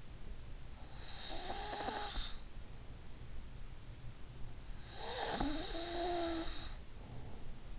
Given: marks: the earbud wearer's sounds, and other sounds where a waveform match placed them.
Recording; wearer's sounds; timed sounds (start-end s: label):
sounds in sleep by an in-ear microphone; snoring breath
0.77-2.74 s: snoring breath
4.95-7.79 s: snoring breath